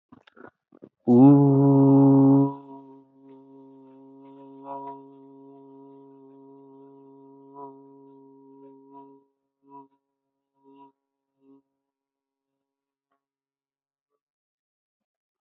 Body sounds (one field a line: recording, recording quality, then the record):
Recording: sustained vowel as in boot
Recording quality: excellent, no background noise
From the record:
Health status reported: healthy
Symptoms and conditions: none ticked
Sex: male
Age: 30 years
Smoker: not ticked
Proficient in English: yes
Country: India